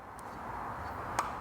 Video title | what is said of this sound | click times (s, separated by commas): How to Remove Pods & Setup Euro Turn Signals on Piaggio Liberty Scooters | so you hear that little snap you know it's all all good | 1.2 s